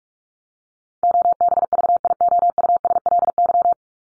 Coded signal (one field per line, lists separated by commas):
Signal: Morse code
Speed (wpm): 44 wpm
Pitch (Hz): 700 Hz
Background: none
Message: OBVIOUSLY